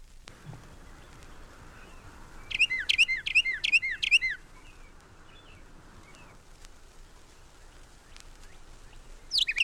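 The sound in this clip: Carolina Wren song: a loud rolling series of high, quick two-part phrases repeated several times, then quiet, with another phrase starting at the very end.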